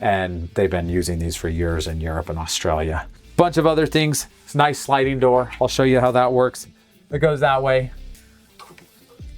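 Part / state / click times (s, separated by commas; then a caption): sliding door latch in a trailer bathroom / seated / 8.8 s. A bathroom sliding door in a 2027 MDC XT19 OGE camper trailer is slid across while someone talks over background music. The door's latch locks in place with a short click at 8.8 s.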